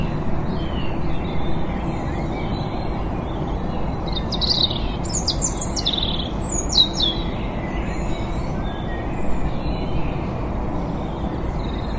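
Birds in a garden before sunrise sing over a steady low roar from a fairly distant motorway. A short burst of bright, scratchy calls stands out between about four and eight seconds, while fainter chirps continue throughout above the constant traffic rumble.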